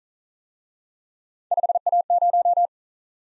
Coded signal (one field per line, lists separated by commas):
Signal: Morse code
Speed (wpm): 40 wpm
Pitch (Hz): 700 Hz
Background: none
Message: 5A0